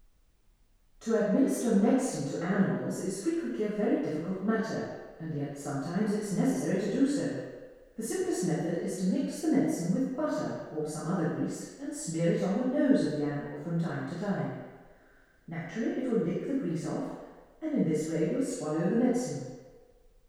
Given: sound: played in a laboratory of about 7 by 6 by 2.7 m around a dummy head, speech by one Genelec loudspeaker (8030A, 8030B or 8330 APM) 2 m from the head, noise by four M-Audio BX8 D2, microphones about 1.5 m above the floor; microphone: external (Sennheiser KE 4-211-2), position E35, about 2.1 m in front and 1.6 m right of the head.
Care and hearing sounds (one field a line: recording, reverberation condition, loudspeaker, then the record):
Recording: female speech in English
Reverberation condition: high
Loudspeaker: in front (0 degrees)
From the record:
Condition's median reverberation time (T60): about 1300 ms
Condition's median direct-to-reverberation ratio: about -4.0 dB